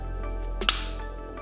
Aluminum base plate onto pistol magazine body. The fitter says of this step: and then you simply slide it on until you hear a click